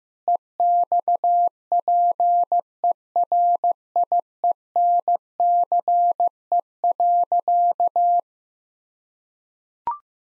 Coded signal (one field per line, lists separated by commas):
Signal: Morse code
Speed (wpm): 15 wpm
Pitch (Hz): 700 Hz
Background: none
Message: EXPERIENCE.